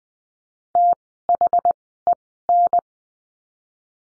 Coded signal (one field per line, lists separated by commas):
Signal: Morse code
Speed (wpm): 20 wpm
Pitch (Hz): 700 Hz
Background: none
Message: THEN